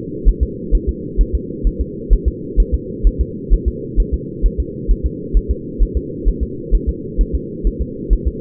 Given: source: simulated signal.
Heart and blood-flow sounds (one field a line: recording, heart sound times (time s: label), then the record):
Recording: fetal heart sounds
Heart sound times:
0.28 s: S1
0.43 s: S2
0.75 s: S1
0.89 s: S2
1.21 s: S1
1.35 s: S2
1.67 s: S1
1.81 s: S2
2.13 s: S1
2.28 s: S2
2.60 s: S1
2.74 s: S2
3.07 s: S1
3.21 s: S2
3.53 s: S1
3.68 s: S2
4.00 s: S1
4.14 s: S2
4.46 s: S1
4.60 s: S2
4.91 s: S1
5.06 s: S2
5.37 s: S1
5.51 s: S2
5.82 s: S1
5.97 s: S2
6.28 s: S1
6.43 s: S2
6.75 s: S1
6.89 s: S2
7.21 s: S1
7.35 s: S2
7.67 s: S1
7.81 s: S2
8.13 s: S1
8.28 s: S2
From the record:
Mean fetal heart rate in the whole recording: 130 bpm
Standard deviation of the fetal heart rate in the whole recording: 2 bpm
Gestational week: 36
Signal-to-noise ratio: -4.1 dB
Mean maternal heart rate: no maternal heart sound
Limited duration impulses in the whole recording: absent